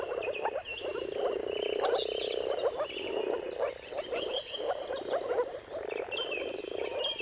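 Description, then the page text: Moor frog chorus, many gurgling low calls merging into a steady bubbling mass, while birds sing over it. Mating-call chorus of moor frogs at sunrise, at the turn of March and April depending on the weather. "earth-fm Jakub-Orzecki moor frogs. Dawn’s Chorus: Mating Calls of Marsh Frogs at Sunrise. Depending on the weather at the turn of March and April, you can witness an amazing spectacle of moor frogs"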